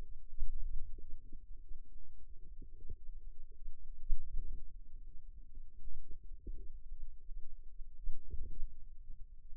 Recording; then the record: forearm muscle sounds (acoustic myography)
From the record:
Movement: wrist flexion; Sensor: system 2, bracelet of six BSWA MPA416 microphones around the upper forearm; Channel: 5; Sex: female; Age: 22 years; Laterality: right